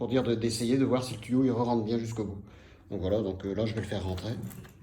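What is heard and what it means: A garden hose end is about to be pushed all the way into the internal fitting of a Hozelock hose reel, which has only 2-3 screws fitted so it can be checked that the hose goes in fully. Someone talks throughout, and nothing has seated or clicked yet by the end of the clip.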